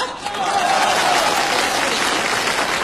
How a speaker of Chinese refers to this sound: 那为什么呀？ 因为女同胞的掌声比较持久。 热烈呀，表达感情奔放。 持久体现情深意长，